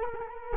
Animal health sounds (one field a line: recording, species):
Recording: mosquito wingbeat signal from an infrared sensor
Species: Culex quinquefasciatus